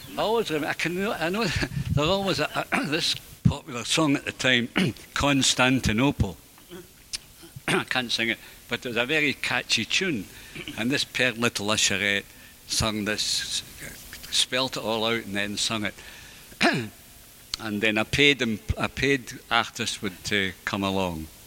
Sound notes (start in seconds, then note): 0.4 cough; 7.4 cough; 16.6 cough